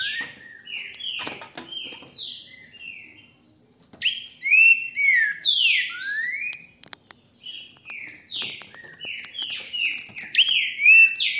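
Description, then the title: Green-winged saltator singing rich whistled phrases of mostly downward-sliding notes strung together rapidly, with a brief quiet gap before the song resumes strongly. Beautiful song, recorded with a mobile phone held in the hand. "GRAVEI COM CELULAR NA MÃO, trinca ferro canto lindo"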